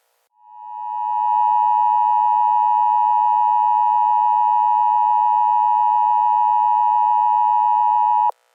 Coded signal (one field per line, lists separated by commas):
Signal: Emergency Alert System (SAME) tones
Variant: 853 and 960 Hz attention tone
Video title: EAS Scenario - Wasting in the Sun